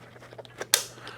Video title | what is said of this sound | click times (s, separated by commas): 2025 HOG Pro Flex Adjustable BCD Is It The Best | Hear that nice snap. | 0.7 s